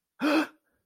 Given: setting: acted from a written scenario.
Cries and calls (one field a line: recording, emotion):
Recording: vocal sound without words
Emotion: positive surprise